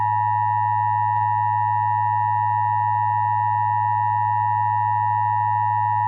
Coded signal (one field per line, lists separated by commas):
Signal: Emergency Alert System (SAME) tones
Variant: 853 and 960 Hz attention tone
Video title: EAS Mock: Stupid Nevada Riots